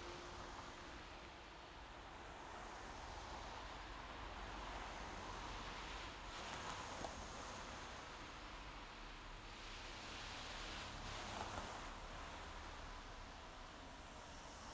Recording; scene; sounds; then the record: everyday scene through a hearing-aid microphone; in traffic; traffic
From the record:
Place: main road on the outskirts, rush hour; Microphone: in the ear canal, left